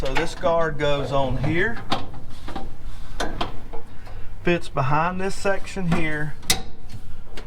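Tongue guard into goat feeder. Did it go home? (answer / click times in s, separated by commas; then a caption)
yes / 6.5 s. A tongue guard, which keeps goats from reaching all the way down and licking the feed out, is slid in behind a section of an Advantage 1200HD goat feeder while someone talks. A few light knocks come as it is fitted, then a sharp snap at 6.5 s as the guard clicks into place.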